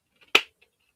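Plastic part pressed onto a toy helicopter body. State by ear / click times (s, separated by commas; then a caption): seated / 0.4 s. A plastic part is pressed onto the body of a G.I. Joe Dragonfly helicopter toy. Faint rustling comes before a single sharp, bright click at 0.4 s, followed by a quieter tick at 0.6 s. The part snaps into place and is seated.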